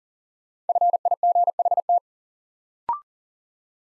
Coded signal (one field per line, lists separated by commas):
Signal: Morse code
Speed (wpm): 37 wpm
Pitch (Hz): 700 Hz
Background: none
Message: FIGHT